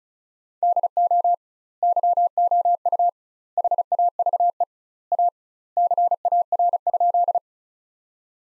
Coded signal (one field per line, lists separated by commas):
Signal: Morse code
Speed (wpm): 36 wpm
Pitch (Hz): 700 Hz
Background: none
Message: DO YOU HAVE A CAR?